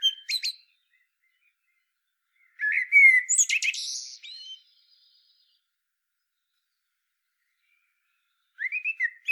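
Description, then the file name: Common blackbird song in separate phrases with long pauses between them; one full phrase begins as a rich flute-like warble and ends in high scratchy twittering. "Turdus merula"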